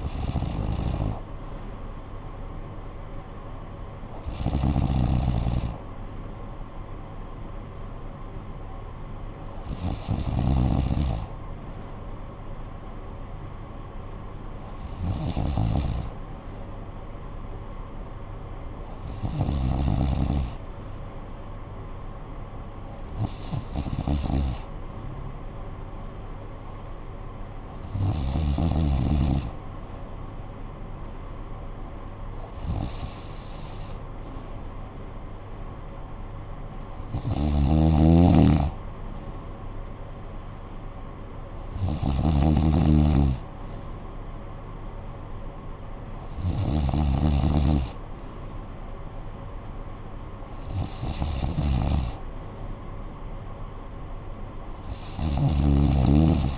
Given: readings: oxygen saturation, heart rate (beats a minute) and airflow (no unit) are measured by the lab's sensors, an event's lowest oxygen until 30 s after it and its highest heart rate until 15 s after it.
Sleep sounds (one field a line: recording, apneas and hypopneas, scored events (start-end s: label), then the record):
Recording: breathing in sleep by a smartphone at the bedside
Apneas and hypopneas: none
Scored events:
none scored
From the record:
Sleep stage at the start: N2 (light sleep)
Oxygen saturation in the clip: 93 to 94%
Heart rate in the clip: 53 to 61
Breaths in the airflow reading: 13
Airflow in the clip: -10.3 to 5.9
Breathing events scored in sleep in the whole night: 445 in 7.6 hours asleep